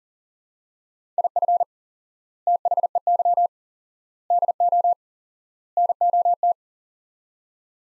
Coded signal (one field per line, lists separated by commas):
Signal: Morse code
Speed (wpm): 40 wpm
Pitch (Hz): 700 Hz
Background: none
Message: IF THEY DO NOT